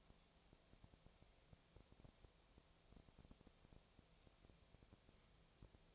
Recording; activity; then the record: daily activity, microphone in the room; no activity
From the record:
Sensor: 1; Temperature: 19.6 degrees Celsius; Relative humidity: 36.5%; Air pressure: 997.1 hPa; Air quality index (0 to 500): 204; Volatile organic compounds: 128 ppm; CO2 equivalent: 3917 ppm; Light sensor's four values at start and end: 1/2/1/1 and 1/2/1/1